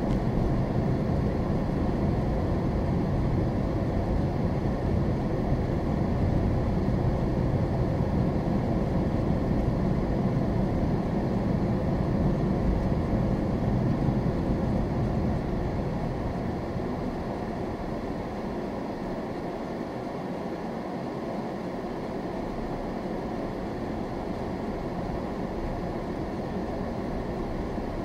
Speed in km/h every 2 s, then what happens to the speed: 34, 32, 32, 34, 35, 37, 35, 27, 10, 5, 2, 8, 10, 11.
0-12 steady at about 34. 12-19 brakes to 2.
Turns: none.